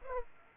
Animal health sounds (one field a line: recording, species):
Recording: mosquito wingbeat signal from an infrared sensor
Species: Aedes aegypti